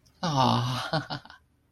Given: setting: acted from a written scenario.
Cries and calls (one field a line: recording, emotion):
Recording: vocal sound without words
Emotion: elation